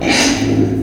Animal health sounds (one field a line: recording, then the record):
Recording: squeal of a Yucatan mini pig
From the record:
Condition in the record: before surgery on the right vocal fold (resection and tissue-engineered implant)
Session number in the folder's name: 3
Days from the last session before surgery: 0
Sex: female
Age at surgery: 19 weeks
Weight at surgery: 25 kg